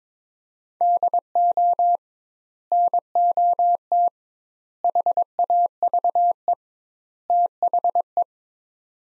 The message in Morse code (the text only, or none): DO NOT HAVE THE